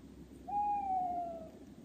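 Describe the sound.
Tawny owl uttering one clear, sustained hoot that slowly drops slightly in pitch, with a faint low hum beneath.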